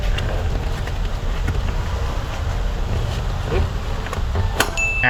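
An installer pushes a Nuna Revv car seat's ISOFIX connector onto the anchor bar under the vehicle seat cushion over a steady low rumble with faint rustling. A sharp click sounds at 4.6 s as the connector locks onto the anchor. No one talks.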